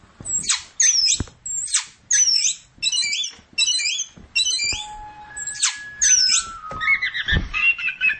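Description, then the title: Long-tailed shrike song: loud bursts of sharp downslurred whistles and scratchy notes in quick phrases, with a steady pure tone held briefly near the middle. "Cendet Pentet"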